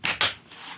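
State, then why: Seated. Two small plastic clasps on a Parkside 80-piece tool kit carry case are snapped shut after the plastic case is folded closed. Two sharp clicks are heard at 0.1 s and 0.2 s, one for each clasp, followed by a faint rustle. Both clasps are clicked in place.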